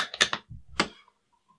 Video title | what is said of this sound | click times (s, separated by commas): The Dragunov Tiger Hunter Carbine | once we have it locked into place we're gonna take the my walking lover bring | 0.2 s